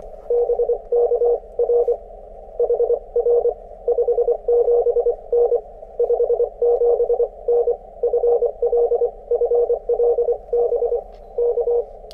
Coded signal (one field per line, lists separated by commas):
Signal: Morse code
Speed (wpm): 24 wpm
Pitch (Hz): 480 Hz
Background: radio noise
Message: BK R HR 57N 57N FL FL BK